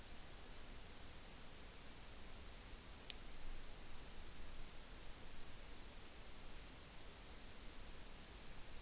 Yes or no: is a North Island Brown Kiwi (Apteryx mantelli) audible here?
no